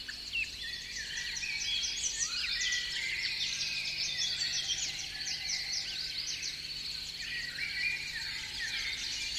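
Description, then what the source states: Birds keep up a crowded chorus of quick, high chirps and twitters, with a few sharper notes rising above the constant background. Morning.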